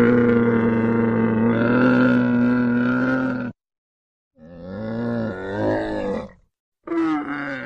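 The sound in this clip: Camel call, a long sustained rumbling groan for over three seconds, then a wavering bellow and a brief final burst after short pauses.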